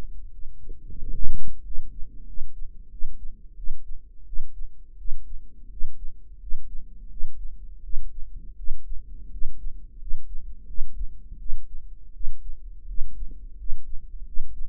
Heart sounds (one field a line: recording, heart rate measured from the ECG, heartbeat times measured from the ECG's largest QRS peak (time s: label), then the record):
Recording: heart sounds by microphone in the right ear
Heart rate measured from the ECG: 86 bpm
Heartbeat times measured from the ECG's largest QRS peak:
0.30 s: heartbeat
0.97 s: heartbeat
1.62 s: heartbeat
2.25 s: heartbeat
2.89 s: heartbeat
3.55 s: heartbeat
4.25 s: heartbeat
4.96 s: heartbeat
5.69 s: heartbeat
6.39 s: heartbeat
7.08 s: heartbeat
7.81 s: heartbeat
8.55 s: heartbeat
9.30 s: heartbeat
9.98 s: heartbeat
10.66 s: heartbeat
11.37 s: heartbeat
12.12 s: heartbeat
12.86 s: heartbeat
13.56 s: heartbeat
14.24 s: heartbeat
From the record:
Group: healthy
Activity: rest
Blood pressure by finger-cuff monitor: 144/103 mmHg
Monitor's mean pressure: 114 mmHg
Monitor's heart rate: 84 bpm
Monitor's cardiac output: 7 L/min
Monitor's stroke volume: 83 mL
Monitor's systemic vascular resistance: 1200 dyn s/cm5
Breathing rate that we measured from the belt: 16 breaths a minute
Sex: male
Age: 23 years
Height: 179 cm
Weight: 87 kg